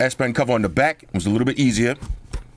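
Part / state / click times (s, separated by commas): stylus pen into tablet cover pen holder / seated / 2.3 s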